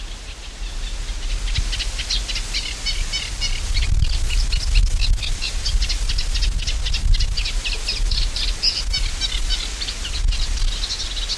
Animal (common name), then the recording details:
Eurasian Reed Warbler. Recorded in the wild. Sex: male. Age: adult. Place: Mühlenbeck, Brandenburg, DE. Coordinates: 52.6928, 13.395. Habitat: lake. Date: 1991-07-28 11:50. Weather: sunny, 22-24°C, gusty winds. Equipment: Marantz CP 430, Kopie Tesla B 116. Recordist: Tembrock, Günter. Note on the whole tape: Mühlenbecker See (Nordufer): Gesang - längere Strecke mit guten Imitationen